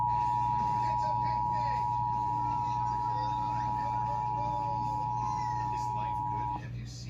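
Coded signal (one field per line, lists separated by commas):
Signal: Emergency Alert System (SAME) tones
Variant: 853 and 960 Hz attention tone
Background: speech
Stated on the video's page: Tornado, severe thunderstorm, watch and monthly test alerts from Dallas-Fort Worth NOAA Weather Radio (162.550 MHz) and local AM, FM and TV stations.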